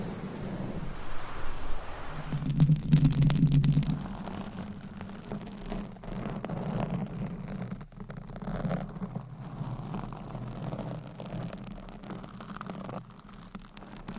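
Rough rubbing and scratching against a microphone, a dense, uneven rumble that swells loudest between two and four seconds with sharp crackly bursts. Afterward the scraping continues more softly and steadily, with a low hum underneath and a brief gap near eight seconds.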